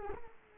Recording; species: mosquito wingbeat signal from an infrared sensor; Culex quinquefasciatus